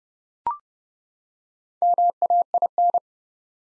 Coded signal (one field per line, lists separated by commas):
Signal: Morse code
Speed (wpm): 30 wpm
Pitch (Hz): 700 Hz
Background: none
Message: MAIN